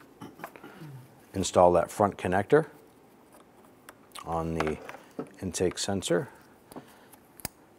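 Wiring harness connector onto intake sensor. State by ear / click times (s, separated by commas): seated / 7.4 s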